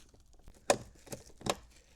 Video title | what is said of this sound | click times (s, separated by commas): Fisker Ocean - GEN2A Door Handles Rear Installation | and then the top will snap into place | 0.7 s